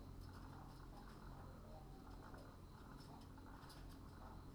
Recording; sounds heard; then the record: poultry house recording; sick chickens (respiratory disease)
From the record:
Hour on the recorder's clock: 21